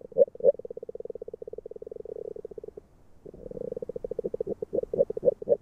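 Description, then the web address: Agile frog croaking: rapid low pulsed runs broken by a brief pause, with a few louder, separate knocks mixed into the series. "Fotoim Hangok Rana dalmatina"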